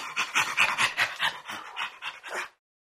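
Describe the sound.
Chimpanzee panting calls, a rhythmic run of breathy, hoarse pulses that ends abruptly after about two and a half seconds.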